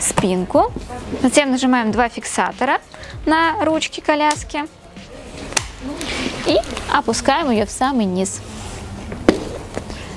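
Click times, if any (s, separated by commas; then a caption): 9.3 s. Someone talks while folding an ABC-Design 2-in-1 stroller (Salsa 4 Air, Samba or Swing): two latches on the stroller handle are pressed and the handle is lowered all the way down to fold the frame, with several handling knocks heard along the way. A sharp click at 9.3 s marks the frame-folding safety latch locking into place, seated.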